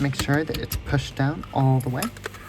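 A 3D-printed plastic MXL dart insert is handled and pushed down into a toy blaster body, possibly with a tool, so that its two front tabs will seat into two small holes. Someone talks throughout over faint handling sounds. Nothing has seated or clicked yet.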